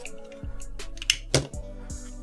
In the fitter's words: I don't know what happened there why it doesn't seem to lock I don't think I did anything wrong just two pieces of plastic but